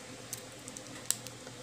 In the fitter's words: bunyi nada bunyi tek itu masuk